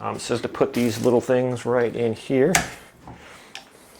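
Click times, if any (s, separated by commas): none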